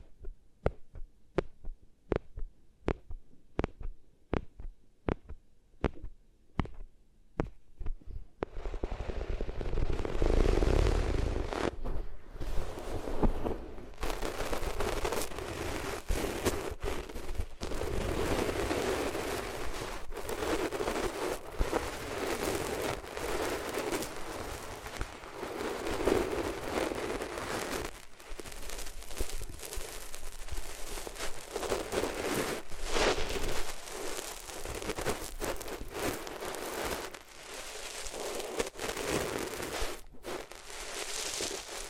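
Rubbing on different materials begins with sharp regular taps for eight seconds, then becomes dense, scratchy friction with frequent crackling clicks and bumps.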